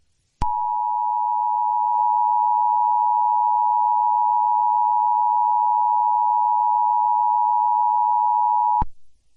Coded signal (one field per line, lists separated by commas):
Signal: Emergency Alert System (SAME) tones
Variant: 853 and 960 Hz attention tone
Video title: EAS Scenario #1 (Piggy)